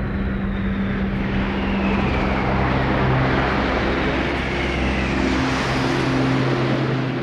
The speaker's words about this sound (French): j'entendais passer des avions très bas. D'habitude, il n'y a pas d'avions ici, enfin, on ne les entend pas, quoi. Et là, ça faisait comme des avions à réaction qui passaient très bas.